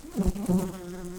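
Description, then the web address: Red-tailed bumblebee buzz, a low steady drone with rich harmonics that swells briefly twice before holding steady. Workers. "Lapidarius workers"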